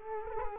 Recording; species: mosquito wingbeat signal from an infrared sensor; Culex quinquefasciatus